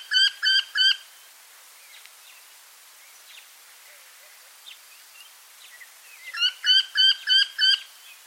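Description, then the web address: Eurasian wryneck repeating harsh nasal 'quee' notes, three at first, then a run of six after faint chirps in between. "wryneck"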